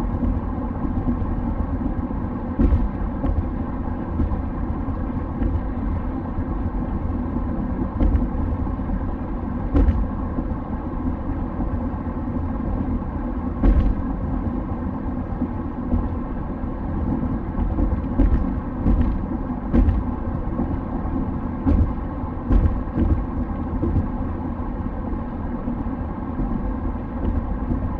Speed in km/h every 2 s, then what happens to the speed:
86, 86, 86, 85, 85, 85, 85, 86, 86, 86, 86, 85, 86, 86.
0-28 steady at about 86.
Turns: none.